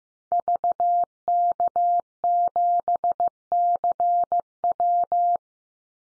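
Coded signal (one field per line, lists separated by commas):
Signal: Morse code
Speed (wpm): 15 wpm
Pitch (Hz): 700 Hz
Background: none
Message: VK7CW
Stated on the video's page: Call sign head-copy Morse drill at 15 wpm, each call sign sent three times, then spoken, then sent again.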